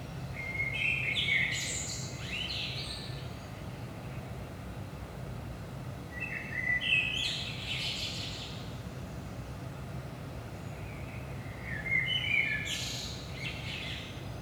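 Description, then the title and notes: Common blackbird singing three separate mellow fluting phrases, each ending in a higher twittering flourish, over a steady low hum. Recorded in Saint-Gilles, Belgium, at 5 am in the early morning; DPA 4060 microphones in AB position into a Zoom F3 recorder. "Saint-Gilles, Belgique - 5am Blackbird. Blackbird in the morning. Merle au petit matin"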